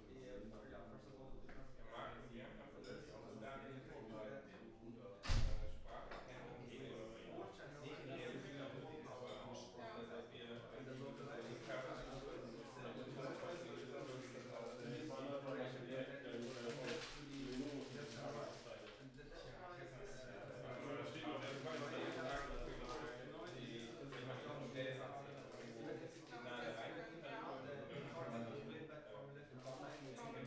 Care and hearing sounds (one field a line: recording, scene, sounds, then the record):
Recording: everyday scene through a hearing-aid microphone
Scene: many people talking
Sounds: many voices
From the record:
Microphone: behind the ear, right, front